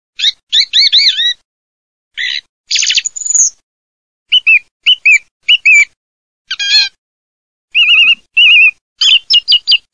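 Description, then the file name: Thrush singing a varied string of short, clear whistled phrases and twittering notes, each brief phrase followed by a short pause, with the pattern constantly changing. "TORDO"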